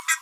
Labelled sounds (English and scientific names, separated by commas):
Green-rumped Parrotlet (Forpus passerinus) babbling